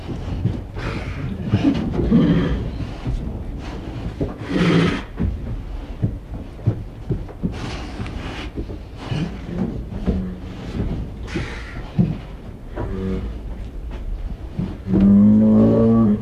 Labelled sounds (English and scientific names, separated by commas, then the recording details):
Tiger (Panthera tigris) call
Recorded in captivity
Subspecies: tigris
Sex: female
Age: adult
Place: Zoo Rostock, Mecklenburg-Vorpommern, DE
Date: 1977-11-25 12:10
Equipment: Uher CR 210, Sennheiser MD 421, Tesla-Verstärker, Kopie Uher Variocord
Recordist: Tembrock, Günter